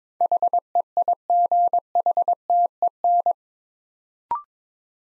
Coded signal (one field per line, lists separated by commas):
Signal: Morse code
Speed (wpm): 23 wpm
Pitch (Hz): 700 Hz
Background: none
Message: HEIGHTEN